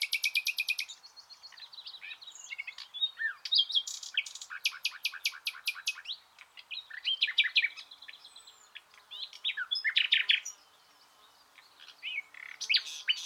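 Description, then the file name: Common nightingale song full of contrasting phrases: high buzzy rattles, fast repeated sharp notes and liquid chirps, pausing briefly near the end before resuming. "Luscinia megarhynchos"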